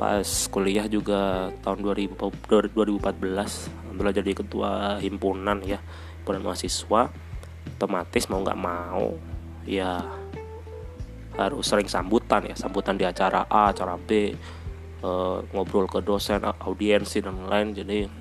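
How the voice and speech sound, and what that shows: An adult man who stutters speaks Indonesian in a steady low voice with occasional disfluencies: a repeated number word, drawn-out sounds, a pause of over a second mid-phrase, and a filler. These are mild signs of stuttering, with much of the speech fluent; frequent public speaking has reduced his stutter, though it returns when he is hurried or not calm, especially on words starting with P.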